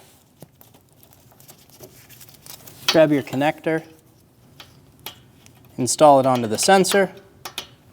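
A plastic wiring harness connector is handled next to a sensor near the intercooler of a 2016–2025 Chevrolet Malibu 1.5L L4 while someone talks, with light taps and rattles of the part being moved. The connector has not yet been pushed onto the sensor, so nothing has seated or clicked yet.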